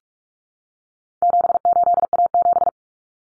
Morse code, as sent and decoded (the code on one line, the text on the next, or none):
--... ---.. .- --...
78A7